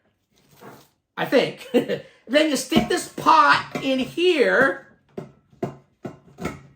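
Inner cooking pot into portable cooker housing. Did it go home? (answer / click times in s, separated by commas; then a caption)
yes / 5.6 s. Someone talks while setting the inner cooking pot into the body of a RockPot portable rock-heated cooker. A sharp click at 5.6 s marks the pot locking into place, surrounded by a few short knocks and taps as it settles. The pot is seated and locked in the cooker housing.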